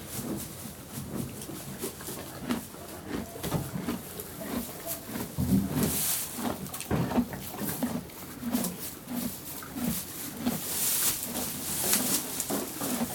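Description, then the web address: Horse snorting with loud breathy bursts around six and eleven seconds, amid shuffling movement sounds in a stable. Horses moving around in a stable, heard close and very close, with a loud snort. "BBC Horses Snorting BBC moving around in stable close and very close perspective with loud snort on mic"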